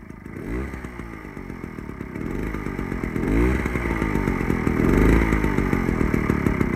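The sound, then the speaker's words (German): A small moped engine buzzes steadily, its pitch revving up and down in waves as it grows louder toward the end, with no voices present. “Also, zuerst das Moped.”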